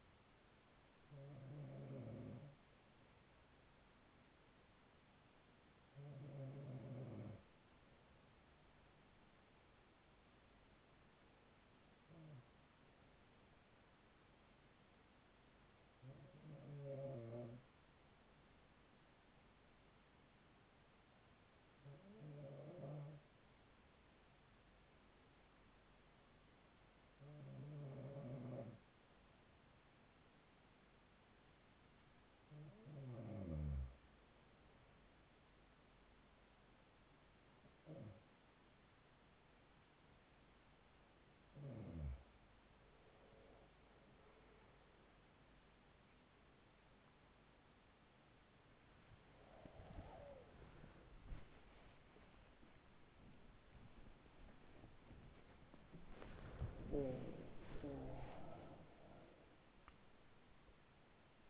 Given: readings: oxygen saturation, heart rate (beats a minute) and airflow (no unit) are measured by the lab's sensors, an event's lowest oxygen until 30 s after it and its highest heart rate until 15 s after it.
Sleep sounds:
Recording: breathing in sleep by a voice recorder at the bedside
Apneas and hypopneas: 1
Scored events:
23.00-50.80 s: hypopnea (N2, oxygen 95% highest, then 94% lowest, heart rate 41 at the start, 77 highest)
40.00-61.50 s: new sleep stage, awake
43.00-61.50 s: awake
From the record:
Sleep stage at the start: N2 (light sleep)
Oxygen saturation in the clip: 94 to 95%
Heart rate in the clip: 40 to 68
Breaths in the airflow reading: 10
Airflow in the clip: -12.4 to 11.2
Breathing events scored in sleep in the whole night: 207 in 7.6 hours asleep

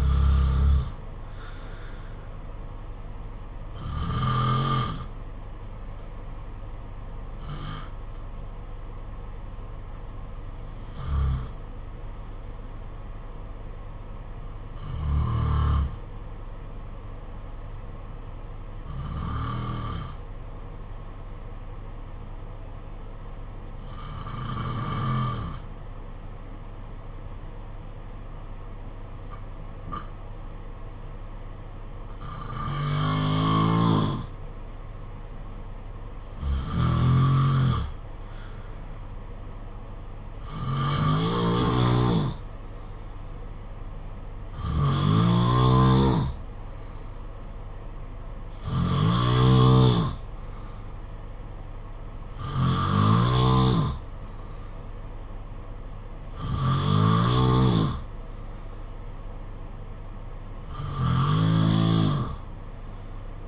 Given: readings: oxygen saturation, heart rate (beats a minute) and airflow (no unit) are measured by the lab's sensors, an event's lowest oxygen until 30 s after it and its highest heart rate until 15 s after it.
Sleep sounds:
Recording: breathing in sleep by a smartphone at the bedside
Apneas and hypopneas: 1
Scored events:
9.00-34.80 s: hypopnea (N2, oxygen 94% highest, then 89% lowest, heart rate 57 at the start, 61 highest)
From the record:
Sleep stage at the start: N2 (light sleep)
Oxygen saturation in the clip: 88 to 94%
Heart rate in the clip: 53 to 65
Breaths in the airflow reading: 16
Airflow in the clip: -5.0 to 4.3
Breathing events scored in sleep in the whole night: 476 in 9.7 hours asleep

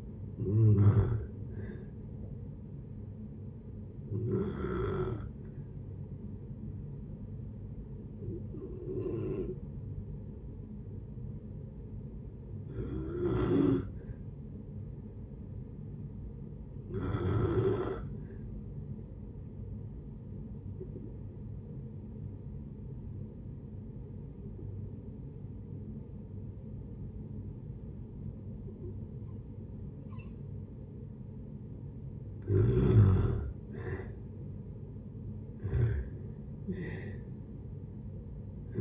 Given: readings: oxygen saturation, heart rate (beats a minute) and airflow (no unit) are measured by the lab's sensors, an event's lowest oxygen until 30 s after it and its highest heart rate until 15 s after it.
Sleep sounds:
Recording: breathing in sleep by a smartphone at the bedside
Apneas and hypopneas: 1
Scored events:
4.00-33.40 s: hypopnea (N2, oxygen 97% highest, then 85% lowest)
22.00-38.81 s: new sleep stage, N1 (lightest sleep)
From the record:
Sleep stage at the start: N2 (light sleep)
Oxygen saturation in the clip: 85 to 97%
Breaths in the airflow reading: 10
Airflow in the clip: -7.2 to 9.2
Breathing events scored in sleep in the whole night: 496 in 5.4 hours asleep

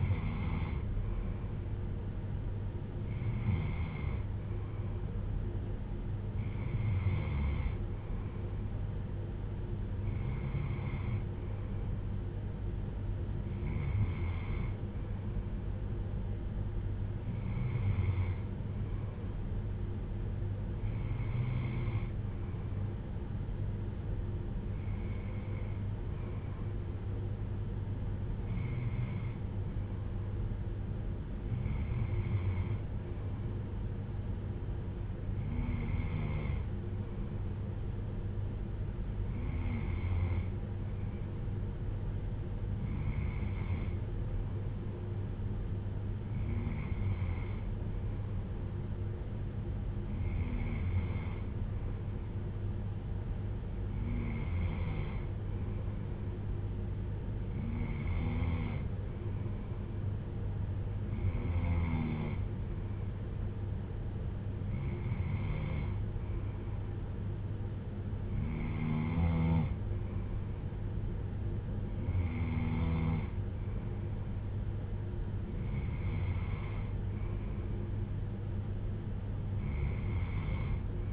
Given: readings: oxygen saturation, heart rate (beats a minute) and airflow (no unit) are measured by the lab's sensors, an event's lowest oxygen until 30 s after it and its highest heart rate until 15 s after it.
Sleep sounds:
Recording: breathing in sleep by a smartphone at the bedside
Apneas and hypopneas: none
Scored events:
none scored
From the record:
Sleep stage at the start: N2 (light sleep)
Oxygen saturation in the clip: 93 to 95%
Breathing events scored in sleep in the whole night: 310 in 8.1 hours asleep

